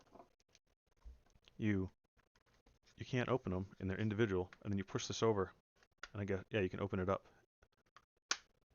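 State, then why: Seated. A small plastic storage compartment's lid or slider is pushed back over while someone talks, and it snaps shut with a sharp click at 8.3 s. The lid locks in place.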